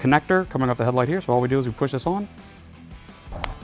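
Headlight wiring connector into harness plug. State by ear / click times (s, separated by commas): seated / 3.4 s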